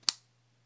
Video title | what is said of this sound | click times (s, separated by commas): Airsoft MP7 GBB magazine maintenance | and then until you hear another click, | 0.1 s